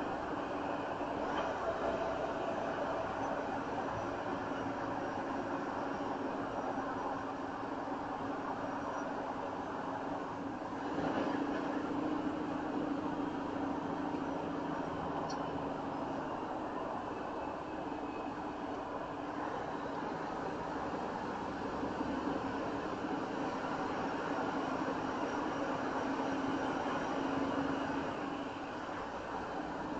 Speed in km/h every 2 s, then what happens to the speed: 61, 60, 60, 60, 58, 58, 58, 56, 45, 45, 45, 48, 50, 50, 52.
0-14 steady at about 58. 14-16 brakes to 45. 16-30 steady at about 48.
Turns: none.